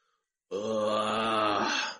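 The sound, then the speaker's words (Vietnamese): A single loud, sustained roaring shout from an ancient demon, with a deep, harmonic, growling tone, rising abruptly and holding steadily for about a second and a half before cutting off. “Nghĩ đến đây, cổ ma trong lòng phát lạnh, sắc mặt của hắn bỗng nhiên ngưng trọng lại, bộc lộ ra bộ mặt hung ác dữ tợn, hét lớn một tiếng.”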